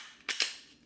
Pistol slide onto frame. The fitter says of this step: it's gonna lock into place okay